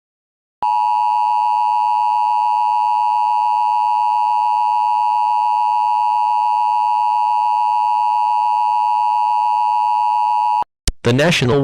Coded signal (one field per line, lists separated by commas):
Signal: Emergency Alert System (SAME) tones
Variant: 853 and 960 Hz attention tone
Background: speech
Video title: EAS Scenario 4: Sunny's Love Virus